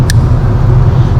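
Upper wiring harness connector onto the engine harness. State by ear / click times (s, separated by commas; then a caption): seated / 0.1 s. An upper wiring harness connector is slid together onto the engine harness of a 2019–2021 GM 5.3L or 6.2L engine during a Pulsar LT install, and its outer shell is pushed down until the rolling lock engages. A single sharp click sounds at 0.1 s over a steady low rumble, and the connector is seated.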